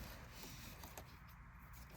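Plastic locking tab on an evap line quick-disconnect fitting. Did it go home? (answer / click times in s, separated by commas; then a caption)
no / none. The white plastic locking tab on the evap purge line quick-disconnect fitting is handled during a purge valve replacement on a 2014 Ford Focus ST with the 2.0L EcoBoost. Only steady low background noise and two faint brief ticks near 0.8 and 1.0 seconds are heard. Nothing has seated or clicked yet.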